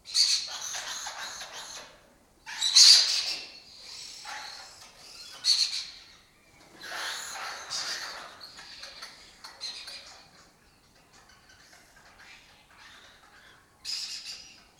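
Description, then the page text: Lesser kestrel colony calling loudly: harsh, rasping chatter in repeated bursts, with a lull before a final outburst. Breeding colony occupying an abandoned building complex in Doñana, southern Europe; migratory birds that forage in West Africa and breed in southern Europe. "Lesser Kestrels Took Over an Abandoned Building. Here in Doñana"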